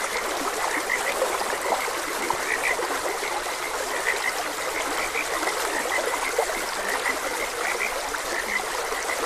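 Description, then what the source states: Frog calls as brief chirps recurring throughout, half-buried in continuous trickling water. Frogs croaking beside a gentle stream.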